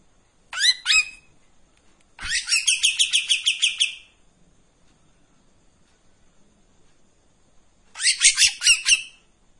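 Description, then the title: Streak-eared bulbul song: three separate bursts of harsh, high chattering, the middle one a long rapid trill of buzzy notes, with quiet gaps between phrases. Bird in full song with long rapid bursts and extended phrases, clear audio, presented as tutor audio for training white-rumped shama. "KAPAS TEMBAK GACOR TEMBAKAN DAN BESETAN PANJANG AUDIO KERNIH COCOK UNTUK MASTERAN MURAI BATU PASTOL"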